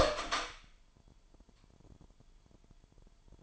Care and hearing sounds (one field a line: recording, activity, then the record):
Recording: daily activity, microphone in the room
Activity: open door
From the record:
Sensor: 5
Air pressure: 998.5 hPa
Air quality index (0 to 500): 81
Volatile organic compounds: 1 ppm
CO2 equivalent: 926 ppm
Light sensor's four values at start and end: 33/80/33/36 and 33/80/33/36